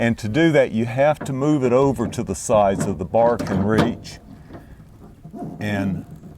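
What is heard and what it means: On a 2002 GMC Sierra tailgate, the second latch rod is being moved toward its plastic retaining clip on the tailgate handle while someone talks, followed by faint low handling noise. Nothing has seated or clicked yet.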